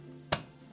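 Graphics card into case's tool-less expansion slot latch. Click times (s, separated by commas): 0.3 s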